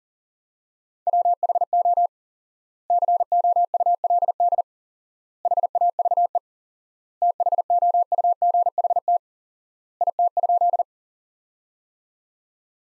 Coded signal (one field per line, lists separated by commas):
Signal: Morse code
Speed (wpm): 40 wpm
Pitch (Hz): 700 Hz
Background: none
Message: WHO COULD HAVE THOUGHT IT?